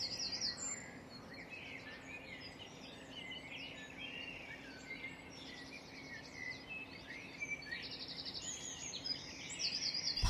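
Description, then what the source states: Birds calling and singing together, layered trills and chirped phrases, quieter midway and busier toward the end, soft hiss underneath. Dawn chorus.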